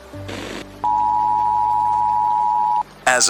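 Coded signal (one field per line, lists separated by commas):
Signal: Emergency Alert System (SAME) tones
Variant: 853 and 960 Hz attention tone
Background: speech, music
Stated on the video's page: Fictional simulated Emergency Alert System broadcast about an alien arrival.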